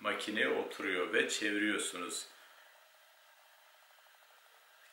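A lens sits on the camera body mount and is being turned toward the right before locking. Someone talks for the first two seconds, followed by a quiet stretch with faint low hum and no sudden sounds. Nothing has clicked or locked yet.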